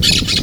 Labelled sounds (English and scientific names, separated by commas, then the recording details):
Brown-throated Parakeet (Eupsittula pertinax) contact call
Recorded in Venezuela
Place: Guárico; Corozopando; Fundo La Fe
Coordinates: 8.506, -67.593